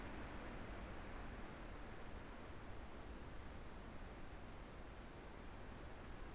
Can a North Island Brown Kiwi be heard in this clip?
no